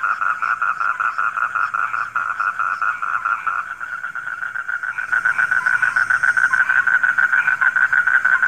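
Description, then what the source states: Frog chorus with pulsed croaks repeated in bursts, briefly softer in the middle then loud again, over a thin high hum. Frogs calling at night.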